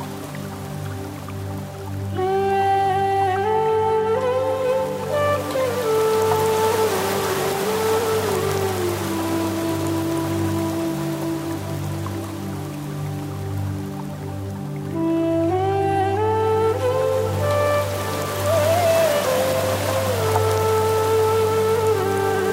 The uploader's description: enchanting melodies of the flute, the calming cadence of a Japanese water stream, and the gentle patter of heavy rain on the streets